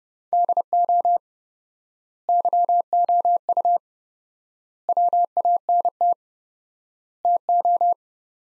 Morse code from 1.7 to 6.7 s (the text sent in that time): YOU WANT